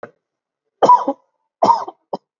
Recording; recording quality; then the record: shallow voluntary cough; excellent, no background noise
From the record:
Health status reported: COVID-19 positive, moderate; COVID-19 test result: positive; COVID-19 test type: RT-PCR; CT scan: taken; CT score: 16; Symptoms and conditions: cough, cold, breathing difficulty, sore throat, fever, fatigue, muscle pain, loss of smell and taste, diabetes, ischaemic heart disease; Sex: male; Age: 58 years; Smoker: no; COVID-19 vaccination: both doses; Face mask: worn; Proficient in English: yes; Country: India